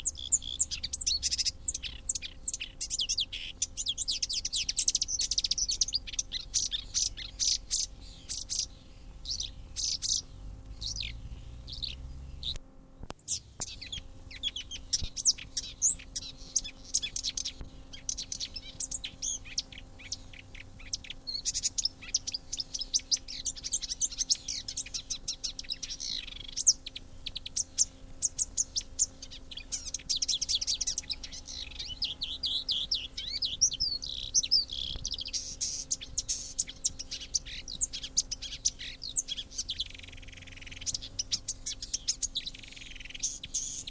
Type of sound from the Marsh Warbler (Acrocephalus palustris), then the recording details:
song. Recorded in the wild. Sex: male. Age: adult. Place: Wiesenthau, Bayern, DE. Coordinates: 49.7128, 11.1353. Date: 1961-05-22. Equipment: Stellavox SM 4, Original, Vollspur. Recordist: Tretzel, Erwin